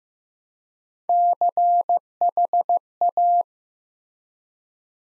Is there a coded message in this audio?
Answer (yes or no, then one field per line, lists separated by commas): yes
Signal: Morse code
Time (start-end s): 1.1-3.4 s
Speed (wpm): 15 wpm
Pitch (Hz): 700 Hz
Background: none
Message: CHA